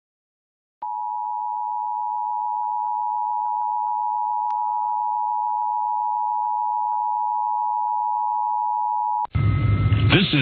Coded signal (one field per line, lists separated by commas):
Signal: Emergency Alert System (SAME) tones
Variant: 853 and 960 Hz attention tone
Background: speech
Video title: KTVU-TV San Francisco Required Monthly Test (EAS #733) 8/9/23